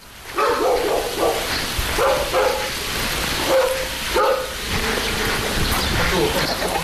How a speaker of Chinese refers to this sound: 闫余山家的小院鸡犬相闻